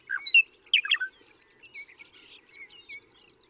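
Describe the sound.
Western meadowlark sings a short, loud, flutey and gurgling phrase, followed by faint chirps from other birds.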